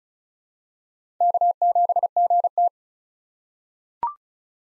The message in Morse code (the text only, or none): K7GT